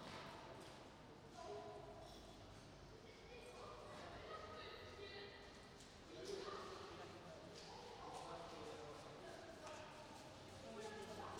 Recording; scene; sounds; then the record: everyday scene through a hearing-aid microphone; reverberant space; background noise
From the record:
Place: railway station hall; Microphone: in the ear canal, right